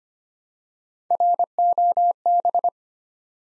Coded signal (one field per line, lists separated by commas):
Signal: Morse code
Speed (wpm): 25 wpm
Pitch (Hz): 700 Hz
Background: none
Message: ROB